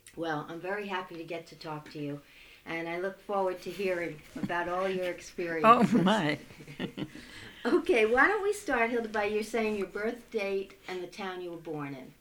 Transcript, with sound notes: Well, I'm very happy to get to talk to you, and I look forward to hearing about all your experiences.
Oh, my! ( she laughs )
Okay. Why don't we start, Hilda, by you saying your birth date and the town you were born in.